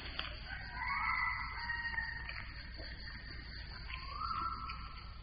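A rooster crows in long, drawn-out calls with a rising and falling tone, followed by a second shorter crow, over a steady background hiss with no talking.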